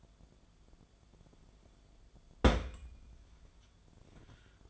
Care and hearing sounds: daily activity, microphone in the room; place on stove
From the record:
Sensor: 5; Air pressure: 1010.5 hPa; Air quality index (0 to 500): 113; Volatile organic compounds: 2 ppm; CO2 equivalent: 1115 ppm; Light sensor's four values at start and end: 558/1427/591/692 and 538/1370/569/659

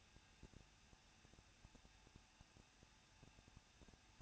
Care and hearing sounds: daily activity, microphone in the room; no activity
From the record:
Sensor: 2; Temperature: 21.0 degrees Celsius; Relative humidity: 37.3%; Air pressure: 1006.2 hPa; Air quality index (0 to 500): 221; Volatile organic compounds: 24 ppm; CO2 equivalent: 2803 ppm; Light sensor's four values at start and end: 2/3/2/2 and 2/3/2/2

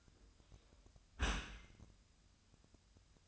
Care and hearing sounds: daily activity, microphone in the room; close dishwasher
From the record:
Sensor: 2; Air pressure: 1004.5 hPa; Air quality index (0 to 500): 118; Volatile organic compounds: 3 ppm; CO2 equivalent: 1428 ppm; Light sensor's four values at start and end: 6/15/6/6 and 6/15/6/6

